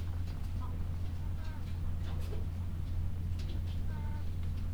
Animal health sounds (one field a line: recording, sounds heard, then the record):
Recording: poultry house recording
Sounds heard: sick chickens (respiratory disease)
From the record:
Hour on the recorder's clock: 12